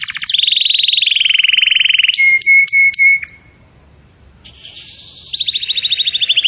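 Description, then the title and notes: Canary song with a long fast rolling trill, a few pure whistled notes, a brief pause, then a high buzzy phrase and another rapid trill. Song recording used as a lure to attract birds. "Pikat Burung Baru. kenari"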